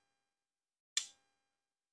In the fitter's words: snaps in place and it keeps this